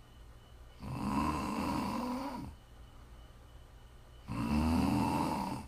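Two long, rattling snores, each about one and a half seconds, roughly three and a half seconds apart, with quiet pauses between. The low, fluttering vibration on each breath is typical ordinary snoring, made as ASMR snoring for relaxing and falling asleep.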